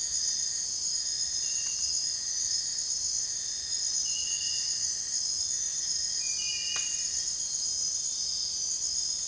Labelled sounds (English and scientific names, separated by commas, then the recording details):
none
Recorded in dense forest near Puerto Asís, Putumayo, Colombia, on 29 June 2025 at 02:30
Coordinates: 0.468, -76.322
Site GP03